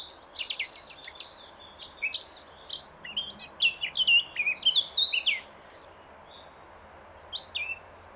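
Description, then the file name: Eurasian blackcap pouring out a rapid, scratchy warble that turns into louder fluty notes, then a pause and a few final high notes. "Sylvia atricapilla"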